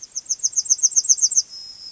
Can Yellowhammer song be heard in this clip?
yes